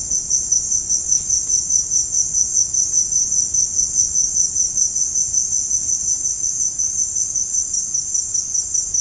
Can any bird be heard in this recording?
no